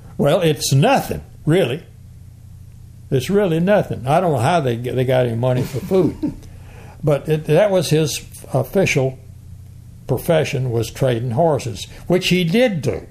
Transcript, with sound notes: Well it’s nothing, really, it’s really nothing. I don’t know how they ge…they got any money for food. [chuckles] But it, that was his official profession was trading horses, which he did do,